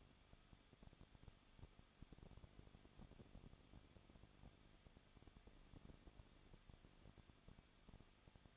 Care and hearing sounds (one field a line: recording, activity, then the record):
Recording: daily activity, microphone in the room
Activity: no activity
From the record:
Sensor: 4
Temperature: 23.1 degrees Celsius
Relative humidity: 34.1%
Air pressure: 1007.2 hPa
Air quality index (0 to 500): 214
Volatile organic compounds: 14 ppm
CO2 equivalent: 2472 ppm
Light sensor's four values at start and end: 2/3/1/1 and 2/3/1/1